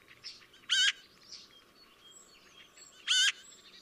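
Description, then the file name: Eurasian magpie giving two harsh notes about two and a half seconds apart, soft chirps of other birds in the background. "Pica pica"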